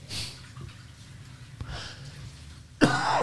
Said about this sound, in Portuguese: Perdão. Uma tosse terrível.